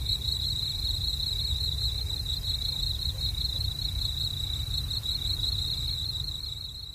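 Cricket call as a continuous high, pulsing trill without pause, over a constant low-frequency background hum.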